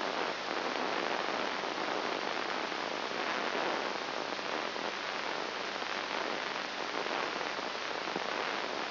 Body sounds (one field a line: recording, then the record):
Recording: brain microelectrode recording played as sound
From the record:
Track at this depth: inside the subthalamic nucleus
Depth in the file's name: 1.904 mm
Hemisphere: left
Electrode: 3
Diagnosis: Parkinson's disease